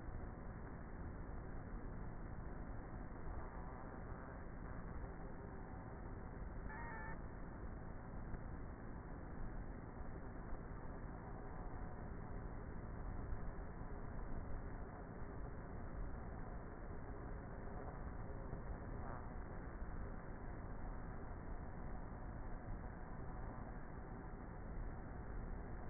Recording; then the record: honeybee colony, microphone inside the hive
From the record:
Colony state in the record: queenless with a low population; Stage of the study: before two queens were removed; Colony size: about 30,000 bees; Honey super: no